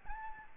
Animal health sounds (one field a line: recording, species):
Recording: mosquito wingbeat signal from an infrared sensor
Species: Aedes albopictus